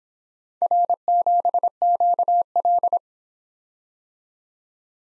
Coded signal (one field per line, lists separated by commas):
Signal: Morse code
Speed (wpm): 27 wpm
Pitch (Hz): 700 Hz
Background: none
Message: R7QL